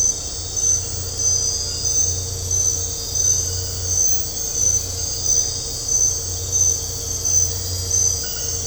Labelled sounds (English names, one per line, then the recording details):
none
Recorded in dense forest near Puerto Asís, Putumayo, Colombia, on 9 March 2025 at 01:00
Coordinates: 0.468, -76.322
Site GP01